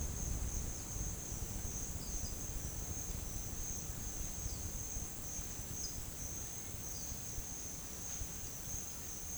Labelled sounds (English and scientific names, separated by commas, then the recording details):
none
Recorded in pastures near Puerto Asís, Putumayo, Colombia, on 30 June 2025 at 11:00
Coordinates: 0.466, -76.322
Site GP07